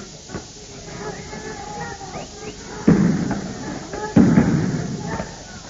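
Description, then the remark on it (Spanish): Two sharp, loud launching bangs of tear gas canisters fired by police at students in Córdoba, each followed by a rushing hiss, rise above a steady murmur of crowd noise and scattered voices. “Escuchan disparos de gases lacrimógenos.”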